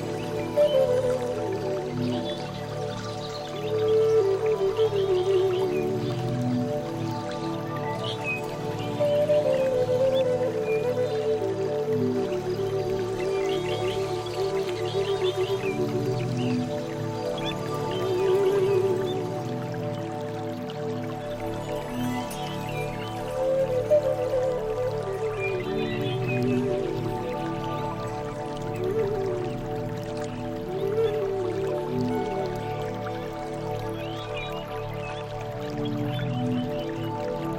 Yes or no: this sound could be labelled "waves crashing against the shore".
no